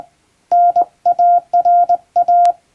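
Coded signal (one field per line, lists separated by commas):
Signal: Morse code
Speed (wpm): 21 wpm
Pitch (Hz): 700 Hz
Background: none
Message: NARA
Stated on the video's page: Morse code practice sent with a straight key.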